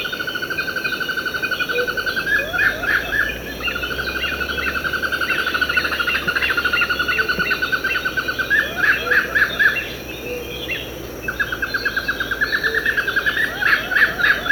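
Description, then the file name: Fire-footed rope squirrel giving long, rapid trains of sharp chip notes, several a second, with brief pauses between bursts over a steady high insect-like hiss. Abidjan, Côte d'Ivoire. "Funisciurus pyrropus Abidjan Macaulay Cornell"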